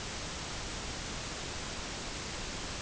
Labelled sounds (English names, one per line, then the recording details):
none
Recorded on Arctic tundra, site UTQI-0, on 13 June 2019
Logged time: 00:00